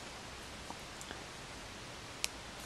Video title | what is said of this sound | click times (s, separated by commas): Samsung Gear S3 how it performs as a watch! Stopwatch alarm timer etc also cleaning and other tips | give it a little oil and that's it snapped in place | 2.2 s